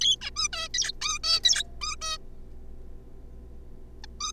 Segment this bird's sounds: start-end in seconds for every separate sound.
0.01-0.16, 0.21-0.30, 0.36-0.48, 0.53-0.68, 0.74-0.92, 1.01-1.18, 1.24-1.40, 1.44-1.63, 1.81-1.95, 2.01-2.17, 4.04-4.06, 4.20-4.32